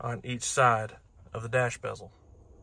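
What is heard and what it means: A plastic dash bezel is being handled for reinstallation into the instrument panel around the gauge cluster, with its indexing dowels lined up with the matching holes on each side. Throughout the clip someone talks, and no distinct impacts are heard. Nothing has seated or clicked yet; the bezel has not been pressed home.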